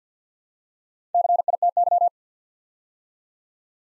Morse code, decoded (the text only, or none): CITY